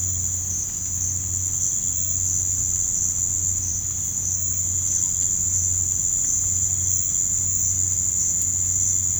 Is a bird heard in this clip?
no